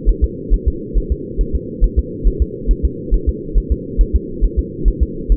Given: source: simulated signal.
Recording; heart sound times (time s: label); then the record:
fetal heart sounds
0.09 s: S1
0.24 s: S2
0.54 s: S1
0.68 s: S2
0.98 s: S1
1.12 s: S2
1.41 s: S1
1.56 s: S2
1.84 s: S1
1.99 s: S2
2.27 s: S1
2.42 s: S2
2.71 s: S1
2.85 s: S2
3.14 s: S1
3.29 s: S2
3.58 s: S1
3.72 s: S2
4.01 s: S1
4.16 s: S2
4.45 s: S1
4.59 s: S2
4.88 s: S1
5.03 s: S2
5.32 s: S1
From the record:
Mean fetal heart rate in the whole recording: 135 bpm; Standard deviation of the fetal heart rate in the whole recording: 3 bpm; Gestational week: 36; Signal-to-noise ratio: -4.3 dB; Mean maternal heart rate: 72 bpm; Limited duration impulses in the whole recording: present